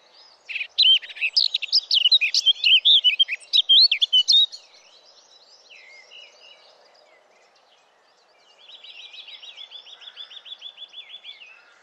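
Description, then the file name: Eurasian blackcap song: a brisk, varied warble of clear notes for about four seconds, then a pause and a steady, quieter rattling trill. "Sylvia atricapilla"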